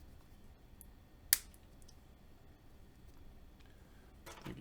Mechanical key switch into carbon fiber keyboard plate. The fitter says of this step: you can hear me snapping them in they are stiff as heck